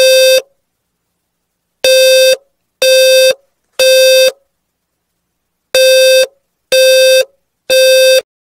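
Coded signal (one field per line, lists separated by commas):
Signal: alarm pattern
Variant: 520 Hz low-frequency square tone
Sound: buzzy low beeps in groups of three, repeating after a pause; two full groups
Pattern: temporal three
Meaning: Fire alarm: evacuate the building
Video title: Low Frequency 520 Hz Fire Alarm sound effect and visual light effect all in temporal 3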